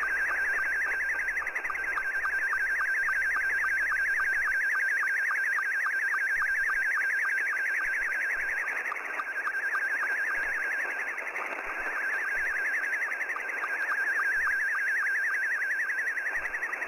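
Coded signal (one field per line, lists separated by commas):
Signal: SSTV (slow-scan television)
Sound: warbling, rapidly varying tone with steady rhythmic sync ticks, continuous throughout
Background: radio static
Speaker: let me pause here and we'll go into the live portion of actually receiving signals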